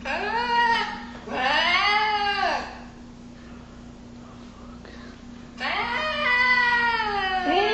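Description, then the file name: Eurasian lynx calls: several long, harmonic, meow-like yowls that arch up and fall in pitch, with a quiet pause midway, over a steady low hum. "luchs"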